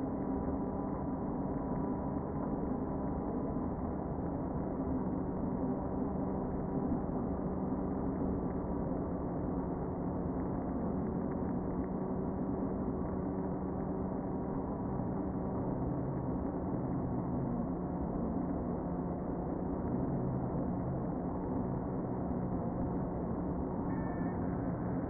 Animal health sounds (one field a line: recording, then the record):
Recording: honeybee colony, microphone inside the hive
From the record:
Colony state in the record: queen present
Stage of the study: before two queens were removed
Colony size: about 60,000 bees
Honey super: yes